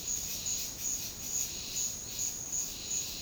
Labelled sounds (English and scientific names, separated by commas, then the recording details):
none
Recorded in pastures near Puerto Asís, Putumayo, Colombia, on 12 March 2025 at 12:30
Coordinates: 0.502, -76.324
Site GP07